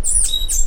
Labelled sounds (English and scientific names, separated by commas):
Stitchbird (Notiomystis cincta) song